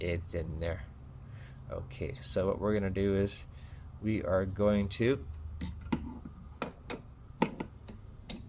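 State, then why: Seated. Someone talks while fitting the metal V-block clamp, tightened onto a cheap knife, into the frame of a Work Sharp Professional Precision Adjust knife sharpener. Several short, sharp clicks and taps follow from about 5.9 s. A final crisp click at 8.3 s shows the clamp is fully seated in the frame; without that click, it would not be fully in.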